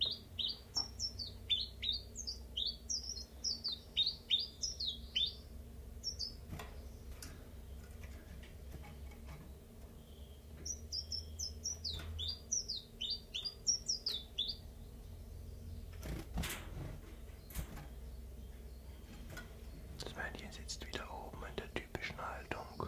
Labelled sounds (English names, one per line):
Common Chiffchaff